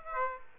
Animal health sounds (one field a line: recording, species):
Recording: mosquito wingbeat signal from an infrared sensor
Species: Aedes aegypti